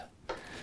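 A crampon binding snaps onto the welt of a La Sportiva mountaineering boot. After a quiet start, a single sharp click sounds at 0.3 seconds. The crampon is seated on the boot.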